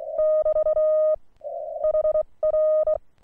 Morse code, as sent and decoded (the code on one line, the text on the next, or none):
-...- / .... .-.
<BT> HR